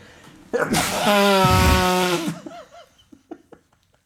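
A loud, drawn-out sneeze with a strained, voiced build-up and harmonic whine before the burst, trailing off into soft breathy sounds and faint vocal murmurs.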